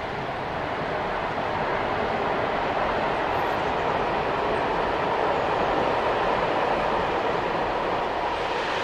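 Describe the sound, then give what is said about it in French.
A passing train makes a loud, steady rumbling roar with a broad rushing hiss that fills the whole stretch without letup. No voices can be heard. “Le train qui passe.”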